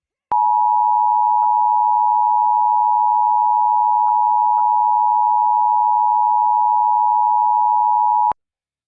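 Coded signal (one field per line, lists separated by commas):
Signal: Emergency Alert System (SAME) tones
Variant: 853 and 960 Hz attention tone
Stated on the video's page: Fictional EAS scenario recreating tones on an AT&T U-verse cable provider alert, with updated audio.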